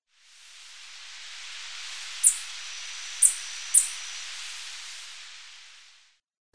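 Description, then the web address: White-tipped sicklebill: three brief, piercing high notes against a hissing background. Ecuador. "Birds of Ecuador. White-tipped Sicklebill"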